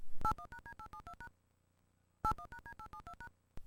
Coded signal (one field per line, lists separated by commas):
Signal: DTMF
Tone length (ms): 80 ms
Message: 81#D872# 81#D872#